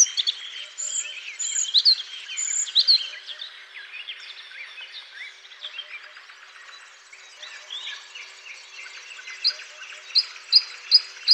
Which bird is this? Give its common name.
Bluethroat